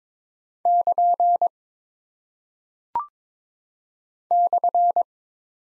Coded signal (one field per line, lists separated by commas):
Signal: Morse code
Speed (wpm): 22 wpm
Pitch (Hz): 700 Hz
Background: none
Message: <KN> /